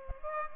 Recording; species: mosquito wingbeat signal from an infrared sensor; Aedes aegypti